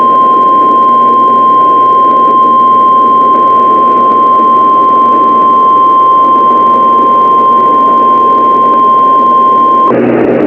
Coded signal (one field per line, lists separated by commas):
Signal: Emergency Alert System (SAME) tones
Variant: 1050 Hz attention tone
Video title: EAS MOCK/ANALOG HORROR:THE FOG